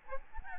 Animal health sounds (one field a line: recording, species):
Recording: mosquito wingbeat signal from an infrared sensor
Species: Aedes albopictus